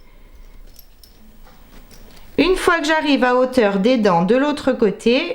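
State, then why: Not seated. A metal zipper slider is slid onto the long part of a cut zipper tape and moved along toward the teeth on the other side. Faint handling sounds with small sharp ticks near 0.8, 1.0 and 2.2 seconds are heard, then someone talks from about 2.4 seconds. The teeth have not been pushed in and nothing has clicked into place yet.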